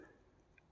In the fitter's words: and this little bit on the end clicks when it when it gets to just the right amount of pressure because